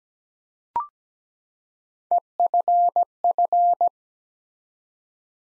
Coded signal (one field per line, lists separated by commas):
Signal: Morse code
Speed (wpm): 17 wpm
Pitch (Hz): 700 Hz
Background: none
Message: EFF